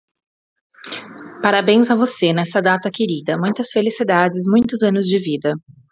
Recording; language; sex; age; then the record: short text; Brazilian Portuguese; female; 30 to 39 years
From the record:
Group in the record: control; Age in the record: 36 years